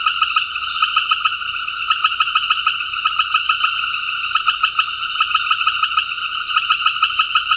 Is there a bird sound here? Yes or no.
no